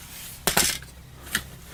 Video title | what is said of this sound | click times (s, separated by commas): Let's Build! MasterGrade Acguy *Part 2* | same for this side and they're pop into place | 0.5 s